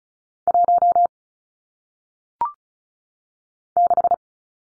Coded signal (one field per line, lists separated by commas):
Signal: Morse code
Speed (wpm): 36 wpm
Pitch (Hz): 700 Hz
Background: none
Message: 1 6